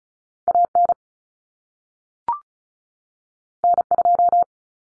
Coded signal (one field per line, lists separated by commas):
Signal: Morse code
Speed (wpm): 36 wpm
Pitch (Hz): 700 Hz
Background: none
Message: AN N2